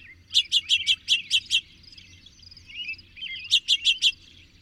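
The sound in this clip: Bird song of a fast series of bright chirps, paused, then repeated as a shorter burst of four notes, with gentle twittering chorus underneath.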